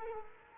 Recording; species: mosquito wingbeat signal from an infrared sensor; Culex quinquefasciatus